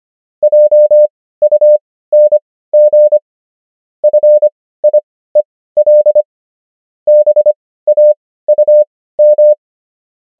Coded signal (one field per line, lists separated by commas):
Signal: Morse code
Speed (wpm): 25 wpm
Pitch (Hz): 600 Hz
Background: none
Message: JUNG FIEL BAUM